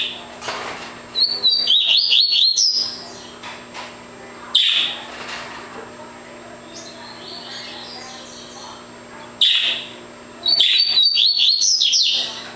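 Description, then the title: Double-collared seedeater: two fast twittering phrases, with short single notes before and between them in otherwise quiet stretches; a low hum throughout. "Canto Coleiro"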